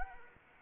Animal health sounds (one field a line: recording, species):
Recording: mosquito wingbeat signal from an infrared sensor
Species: Anopheles arabiensis